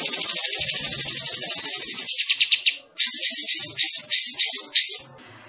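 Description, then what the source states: Bulbul song of continuous scratchy twittering that shifts into a quick series of pulsed notes and then several harsh buzzy phrases. Described as gacor, singing actively.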